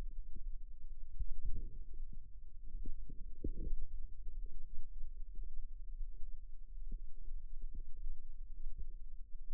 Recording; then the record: forearm muscle sounds (acoustic myography)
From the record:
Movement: wrist flexion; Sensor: system 2, bracelet of six BSWA MPA416 microphones around the upper forearm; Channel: 1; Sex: female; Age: 22 years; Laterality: right